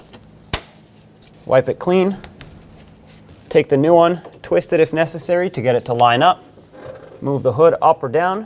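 On a 2006–2010 Hyundai Sonata, the metal clip on the lower end of the old hood lift support is pried open and the strut is pulled off its lower ball stud, giving a sharp pop at 0.5 s as the fitting releases. Someone then talks for the rest of the clip.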